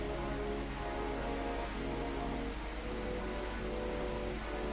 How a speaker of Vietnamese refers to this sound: Xin phép các bạn một chút, bây giờ trời bắt đầu mưa rất là to.